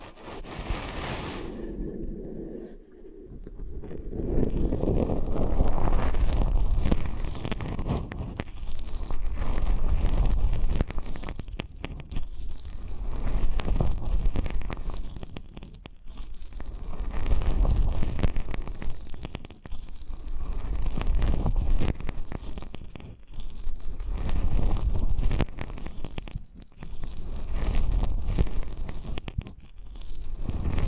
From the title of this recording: ASMR Intimate Eardrum Massage